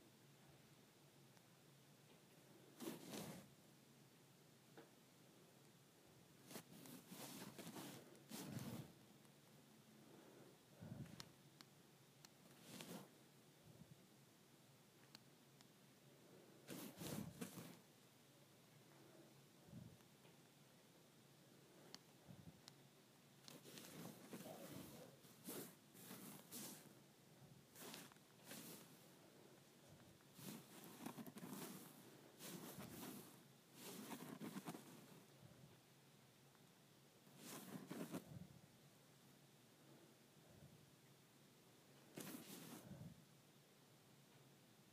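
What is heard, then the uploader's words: A cord is scraped in short, rough strokes that come in irregular bursts, some lasting a second or two, with brief pauses between. Each stroke is a gritty, hissing rasp reaching into bright highs, denser around 6–9, 24–27 and 30–38 seconds, over a faint steady hiss. ASMR Scraping the Cord of my iPhone Charger.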